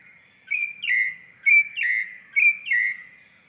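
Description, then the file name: Bird singing clear whistled two-part phrases, a steady note then a dipping slur, repeated three times about every second with no other sounds. "chant"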